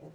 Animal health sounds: pig call; piglet (1 to 25 days)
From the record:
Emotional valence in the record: negative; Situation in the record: long isolation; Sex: female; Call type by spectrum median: low-frequency call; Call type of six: low-frequency stable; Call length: 0.15 s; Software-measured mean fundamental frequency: 52 Hz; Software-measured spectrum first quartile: 183 Hz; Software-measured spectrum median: 341 Hz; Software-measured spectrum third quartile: 551 Hz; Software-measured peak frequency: 153 Hz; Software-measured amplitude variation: 83 dB a second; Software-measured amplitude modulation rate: 16.7 a second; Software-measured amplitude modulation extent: 5.0 dB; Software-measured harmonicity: 0.8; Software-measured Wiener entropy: 0.31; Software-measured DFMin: 809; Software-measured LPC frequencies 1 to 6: 508, 1902, 4148, 5341, 6075, 6750 Hz

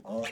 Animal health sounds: pig call; piglet (1 to 25 days)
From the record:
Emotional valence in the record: negative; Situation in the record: long isolation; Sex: female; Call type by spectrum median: low-frequency call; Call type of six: mixed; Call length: 0.32 s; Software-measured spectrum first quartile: 467 Hz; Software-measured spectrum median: 771 Hz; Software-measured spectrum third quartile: 2482 Hz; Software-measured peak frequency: 569 Hz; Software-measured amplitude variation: 126 dB a second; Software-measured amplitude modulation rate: 9.5 a second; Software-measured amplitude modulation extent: 13.2 dB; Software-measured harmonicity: 2.6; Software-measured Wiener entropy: -3.02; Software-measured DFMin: 707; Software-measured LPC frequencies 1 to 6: 573, 1796, 2511, 5765, 6756, 7658 Hz

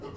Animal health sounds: pig call; growing-finishing pig (85 days or more)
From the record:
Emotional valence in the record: positive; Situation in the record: run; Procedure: transit

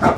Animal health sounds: pig call; growing-finishing pig (85 days or more)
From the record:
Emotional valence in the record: positive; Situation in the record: run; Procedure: transit

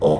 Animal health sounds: pig call; piglet (1 to 25 days)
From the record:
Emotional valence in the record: negative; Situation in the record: crushing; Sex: female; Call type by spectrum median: low-frequency call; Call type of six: low-frequency stable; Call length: 0.20 s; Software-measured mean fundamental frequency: 58 Hz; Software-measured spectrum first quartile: 305 Hz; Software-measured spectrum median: 468 Hz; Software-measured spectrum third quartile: 582 Hz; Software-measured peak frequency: 500 Hz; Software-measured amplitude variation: 108 dB a second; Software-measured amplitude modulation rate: 7.3 a second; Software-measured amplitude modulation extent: 14.7 dB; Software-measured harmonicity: 2.6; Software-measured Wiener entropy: -0.95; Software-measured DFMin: 1566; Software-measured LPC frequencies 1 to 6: 497, 3328, 5230, 6032, 7941, 9368 Hz

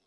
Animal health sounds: pig call; piglet (1 to 25 days)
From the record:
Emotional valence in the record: positive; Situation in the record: reunion after long isolation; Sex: male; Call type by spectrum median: high-frequency call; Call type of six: low-frequency tonal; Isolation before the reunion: 8 minutes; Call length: 0.07 s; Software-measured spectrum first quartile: 763 Hz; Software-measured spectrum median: 3467 Hz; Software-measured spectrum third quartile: 8650 Hz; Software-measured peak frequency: 265 Hz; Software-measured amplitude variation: 15 dB a second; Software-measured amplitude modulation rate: 14.4 a second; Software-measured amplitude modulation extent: 1.0 dB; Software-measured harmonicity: 2.5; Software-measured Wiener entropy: -1.61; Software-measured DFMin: 780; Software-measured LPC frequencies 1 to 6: 558, 2438, 3796, 5309, 6103, 7937 Hz

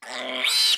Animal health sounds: pig call; piglet (1 to 25 days)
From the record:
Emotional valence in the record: negative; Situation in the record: restrain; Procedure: in the arms of a person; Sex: male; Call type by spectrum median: high-frequency call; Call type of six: mixed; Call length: 0.77 s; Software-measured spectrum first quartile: 2740 Hz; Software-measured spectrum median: 3863 Hz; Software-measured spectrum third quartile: 4780 Hz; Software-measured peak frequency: 4036 Hz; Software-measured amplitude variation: 106 dB a second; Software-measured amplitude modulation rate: 26.5 a second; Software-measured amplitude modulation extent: 4.0 dB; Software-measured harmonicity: 2.7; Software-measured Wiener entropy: -1.91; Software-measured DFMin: 812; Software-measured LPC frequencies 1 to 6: 732, 1625, 2252, 3054, 4031, 4836 Hz

